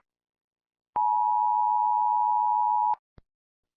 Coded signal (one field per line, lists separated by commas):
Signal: Emergency Alert System (SAME) tones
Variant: 853 and 960 Hz attention tone